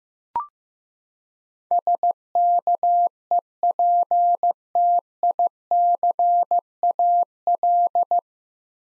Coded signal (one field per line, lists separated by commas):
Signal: Morse code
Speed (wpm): 16 wpm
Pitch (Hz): 700 Hz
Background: none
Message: SKEPTICAL